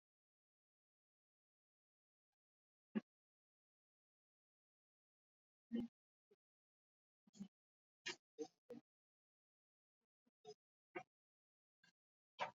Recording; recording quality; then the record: deep breathing; poor, much background noise or distortion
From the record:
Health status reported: healthy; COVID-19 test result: negative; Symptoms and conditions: none ticked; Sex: female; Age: 53 years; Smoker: not ticked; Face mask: worn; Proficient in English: yes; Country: India